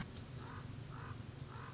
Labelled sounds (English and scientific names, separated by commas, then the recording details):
Common Raven (Corvus corax)
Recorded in Sonoma County, California